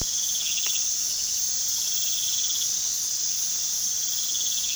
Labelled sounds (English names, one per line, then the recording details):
none
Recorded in pastures near Puerto Asís, Putumayo, Colombia, on 18 February 2024 at 02:30
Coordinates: 0.468, -76.328
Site G6414